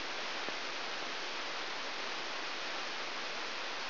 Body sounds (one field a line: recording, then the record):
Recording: brain microelectrode recording played as sound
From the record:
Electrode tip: outside the subthalamic nucleus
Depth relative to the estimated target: 5 mm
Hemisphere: left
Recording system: AlphaMap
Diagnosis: Parkinson's disease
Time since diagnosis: 11 years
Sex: male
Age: 62 years